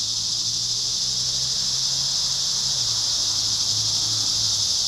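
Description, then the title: Cicadas buzzing in a loud, steady, high-pitched wash, with a low humming tone audible beneath. Cicadas calling at Trinity. "neoscenes: cicadas at Trinity"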